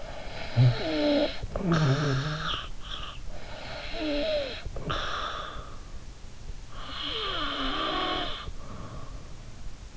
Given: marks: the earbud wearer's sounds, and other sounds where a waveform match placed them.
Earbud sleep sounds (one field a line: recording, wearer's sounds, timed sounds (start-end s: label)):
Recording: sounds in sleep by an in-ear microphone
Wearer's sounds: snoring breath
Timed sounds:
0.00-3.18 s: snoring breath
3.35-5.82 s: snoring breath
6.77-9.24 s: snoring breath